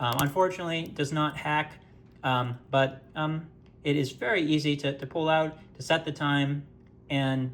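The metal winding crown of an IWC 853 automatic mechanical wristwatch with a black dial and Pellaton winding system has been pulled out to set the time, while someone talks throughout. The crown is still out, and nothing has seated or clicked back into the case yet.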